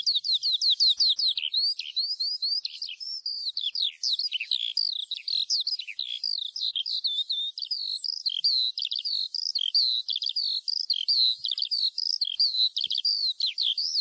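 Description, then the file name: Eurasian skylark song: a continuous, rapid, high-pitched stream of chirrups, trills and slurred notes that pours on without pause. "ALLODOLA"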